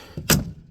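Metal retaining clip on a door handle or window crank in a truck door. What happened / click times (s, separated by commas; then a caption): The metal retaining clip snapped off / 0.3 s. A flat clip-removal tool is worked behind a metal retaining clip on the door handle or window crank of an early-80s pickup door. After a low thump around 0.2 s, the clip pops off with a single sharp snap at 0.3 s and comes free.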